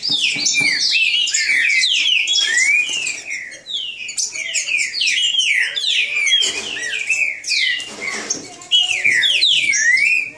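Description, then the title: Green-winged Saltator song with bright slurred whistles, several phrases at once, briefly dipping in loudness before resuming dense, vigorous singing. Bird named Nicão singing in the woods, in a song contest with a free wild bird. "Trinca Ferro NICÃ O No Mato Disputando Com Solto"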